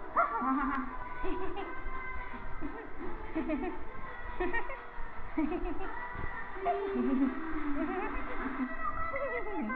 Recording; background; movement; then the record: laughter; music; walking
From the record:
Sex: female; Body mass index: 22.6 kg/m2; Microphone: on the chest, facing the body